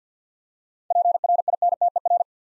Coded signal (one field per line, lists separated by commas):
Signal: Morse code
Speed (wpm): 50 wpm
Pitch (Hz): 700 Hz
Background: none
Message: PRINTER